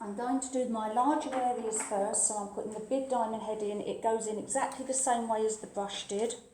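A large diamond microdermabrasion head is being fitted into the machine's handpiece, going in the same way as the brush attachment, while a woman talks throughout. Nothing has seated or clicked yet; the clip ends before the head goes home.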